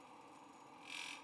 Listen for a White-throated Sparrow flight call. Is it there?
no